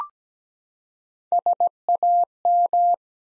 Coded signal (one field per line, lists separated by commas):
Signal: Morse code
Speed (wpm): 17 wpm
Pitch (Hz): 700 Hz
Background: none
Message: SAM